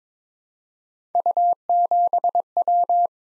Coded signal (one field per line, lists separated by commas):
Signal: Morse code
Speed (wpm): 22 wpm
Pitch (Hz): 700 Hz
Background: none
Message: U7W